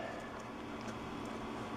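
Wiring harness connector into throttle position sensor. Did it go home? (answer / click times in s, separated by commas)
no / none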